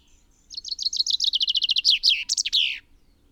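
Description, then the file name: Common chaffinch song: a fast run of bright repeated notes that steps downward in pitch, ending in a brief emphatic flourish. "Fringilla coelebs"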